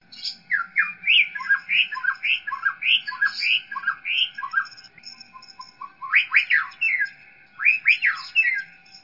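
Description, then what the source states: White-rumped shama singing a series of repeated whistled notes, then sharper rising and falling slurred phrases near the end, with a constant faint hum beneath. Masteran song, used as training material for other birds.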